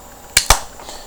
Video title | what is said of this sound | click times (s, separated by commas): Midland XTC 280 HD action camera review | and it locks into place, and it's never going to fall out. | 0.4 s